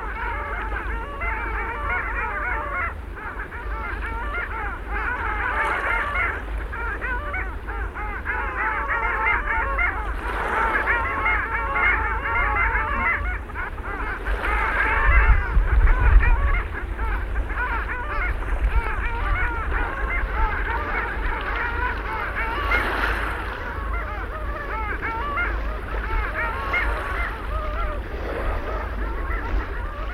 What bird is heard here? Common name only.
Long-tailed Duck